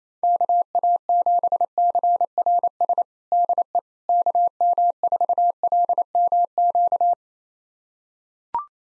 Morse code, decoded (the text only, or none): KA7CRS DE KM4LMQ